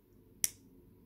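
The metal cap of a vintage Inoxcrom fountain pen is pushed onto the pen body and snaps shut with one sharp, bright click at 0.4 s. The cap is seated and closes very well.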